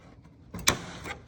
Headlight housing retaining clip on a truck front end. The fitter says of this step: 2, you'll hear a metallic click when it unhooks.